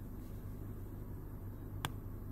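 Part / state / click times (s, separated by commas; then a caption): watch band clasp pin into strap hole / seated / 1.8 s. The clasp pin of a black Samsung Gear Fit2's small rubber band is pressed into the band's third hole on a wrist, giving a single sharp click at 1.9 s over a steady low background hum. The clasp seats with an audible click, showing the band has not worn out.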